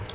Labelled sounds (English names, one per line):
Palm Warbler flight call